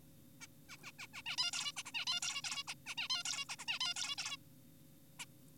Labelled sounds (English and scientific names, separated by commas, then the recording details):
Zebra Finch (Taeniopygia guttata)
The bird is an adult
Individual g4p5U